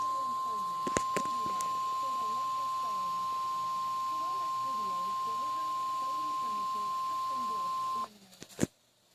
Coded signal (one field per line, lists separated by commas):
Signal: Emergency Alert System (SAME) tones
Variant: 1050 Hz attention tone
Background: speech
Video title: Radio EAS 6 - RWT